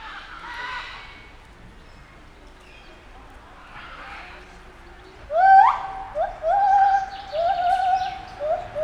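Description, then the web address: Lar gibbon hoots: faint soft calls at first, then a loud upward-sweeping note followed by a chain of steady, wavering tones with brief breaks. Captive white-handed gibbon at Nyíregyháza Zoo, Hungary, 2019, calling three times. "allathangok 2019 professzionalis feherkezu gibbon haromszormegszolal nyiregyhaza"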